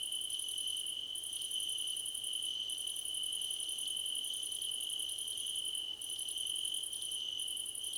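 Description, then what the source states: Crickets chirping: a steady piercing trill with long runs of rapid pulsed chirps broken by a few brief pauses. A crickets' choir competition.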